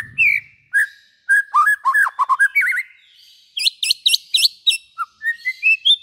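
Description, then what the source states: White-rumped shama singing a rich medley of whistled notes, buzzy trills and sharp high slurred notes, ending in a short rising series of whistles. Long-duration lure call of white-rumped shama song.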